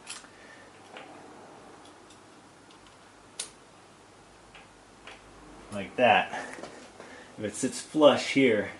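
A distributor drive gear from a 1968 MGC is dropped into its bore in the engine block, giving light metal-on-metal ticks and a sharp click at 3.4 s as it sets down. The gear sits flush with the surface, which means it is not fully home and needs another twist to drop below the surface. Someone talks near the end.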